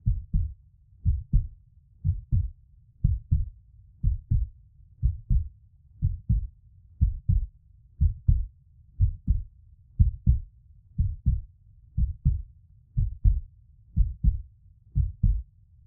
Heart Beat. Calm Rhythm Blood Flows In The Veins.